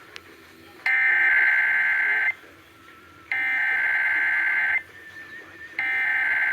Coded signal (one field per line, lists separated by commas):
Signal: Emergency Alert System (SAME) tones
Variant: header bursts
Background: speech